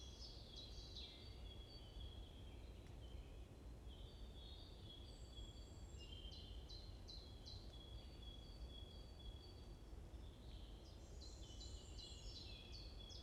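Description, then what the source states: Birds chirping and warbling, with bursts of quick falling notes and a high thin whistle, overlapping phrases near the end, over a continuous low rumble. Morning birds chirping in a forest at Bosvoorde, Watermaal-Bosvoorde, Brussels, Belgium; described as peaceful; recorded with an AMBE VR microphone.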